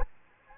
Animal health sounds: mosquito wingbeat signal from an infrared sensor; Culex quinquefasciatus

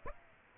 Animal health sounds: mosquito wingbeat signal from an infrared sensor; Aedes aegypti

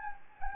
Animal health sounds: mosquito wingbeat signal from an infrared sensor; Anopheles gambiae

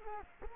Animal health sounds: mosquito wingbeat signal from an infrared sensor; Culex quinquefasciatus

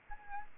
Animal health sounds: mosquito wingbeat signal from an infrared sensor; Aedes albopictus

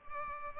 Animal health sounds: mosquito wingbeat signal from an infrared sensor; Culex pipiens

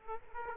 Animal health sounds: mosquito wingbeat signal from an infrared sensor; Aedes aegypti

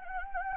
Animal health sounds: mosquito wingbeat signal from an infrared sensor; Anopheles gambiae

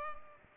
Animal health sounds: mosquito wingbeat signal from an infrared sensor; Culex pipiens

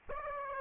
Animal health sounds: mosquito wingbeat signal from an infrared sensor; Aedes aegypti

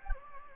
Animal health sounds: mosquito wingbeat signal from an infrared sensor; Anopheles gambiae

